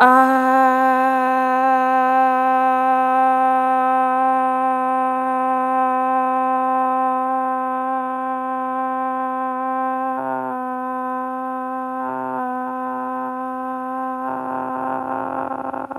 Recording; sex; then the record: sustained vowel /a/; female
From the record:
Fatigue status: fatigue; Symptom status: symptomatic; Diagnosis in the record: COVID-19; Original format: m4a